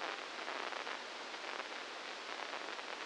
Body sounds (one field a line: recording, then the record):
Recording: brain microelectrode recording played as sound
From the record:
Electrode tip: inside the subthalamic nucleus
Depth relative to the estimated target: -3 mm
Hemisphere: left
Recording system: NeuroSet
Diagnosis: Parkinson's disease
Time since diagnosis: 15 years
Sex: female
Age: 59 years